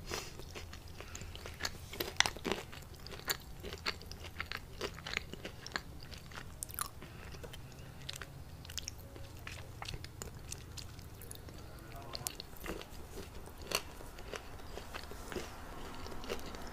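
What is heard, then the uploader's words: Dry chewing and crunching of a bar, with frequent sharp bites and wet mouth clicks over a faint low hum. Eating a bar (mouth sounds, eating sounds, crinkling sounds).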